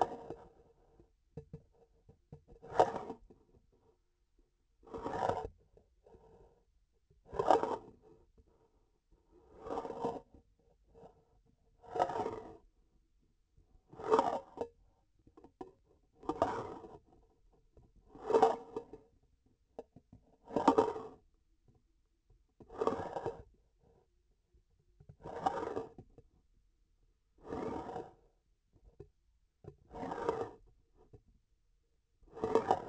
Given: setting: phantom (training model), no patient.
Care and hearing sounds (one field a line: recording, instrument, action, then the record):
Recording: laparoscopic instrument, vibration sensor on the handle end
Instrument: grasping forceps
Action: approaching and retracting movements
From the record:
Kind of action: spatial motion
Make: Olympus